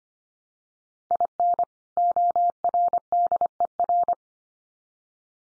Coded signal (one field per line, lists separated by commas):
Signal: Morse code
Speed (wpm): 25 wpm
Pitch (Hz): 700 Hz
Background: none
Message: IN ORDER